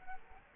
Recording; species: mosquito wingbeat signal from an infrared sensor; Culex quinquefasciatus